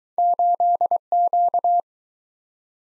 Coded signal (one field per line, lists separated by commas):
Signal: Morse code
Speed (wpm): 20 wpm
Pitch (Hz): 700 Hz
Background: none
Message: 8Q